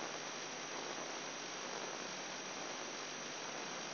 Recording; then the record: brain microelectrode recording played as sound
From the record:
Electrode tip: inside the subthalamic nucleus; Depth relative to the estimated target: 3 mm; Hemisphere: right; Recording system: AlphaMap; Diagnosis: Parkinson's disease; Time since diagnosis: 10 years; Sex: male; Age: 58 years